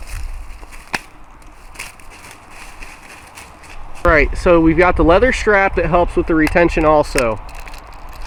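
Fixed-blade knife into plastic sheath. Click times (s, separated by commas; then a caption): 0.9 s. A fixed-blade Holtzman Gorilla Survival D2 Silverback knife is pushed into its molded plastic sheath and snaps into the retention with a sharp click at 0.9 seconds. Fainter clicks and handling noise follow before someone talks, mentioning a leather strap that also helps with retention. The knife is seated in the sheath.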